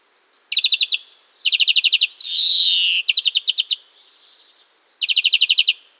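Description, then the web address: European greenfinch singing fast trilled rattles of evenly spaced notes, with one nasal, wheezing buzz between the trills and brief thin whistles in the gaps. "birdify. carduelis chloris"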